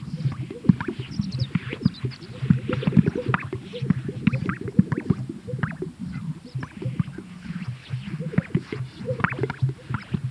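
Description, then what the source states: Greater sage-grouse chorus of low, hollow pops and bubbling gulps, many overlapping in a steady jumble. Recorded at a lek.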